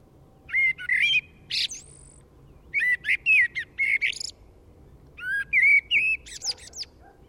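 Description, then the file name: Common blackbird singing three short phrases in a row, fluted mid-pitched warbles mixed with sharp high squeaks and a drawn-out thin whistle. "Turdus merula"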